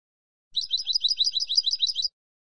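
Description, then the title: European goldfinch twittering song: a single bright phrase of fast, looping high notes, evenly pulsed, lasting roughly one and a half seconds. "Jilguero"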